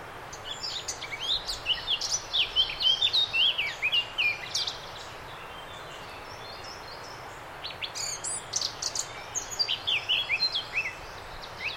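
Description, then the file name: Eurasian blackcap warbling: a lively phrase of mixed chirps and slurred notes, a few seconds of quiet hiss, then another rapid jumbled phrase. "Sylvia atricapilla"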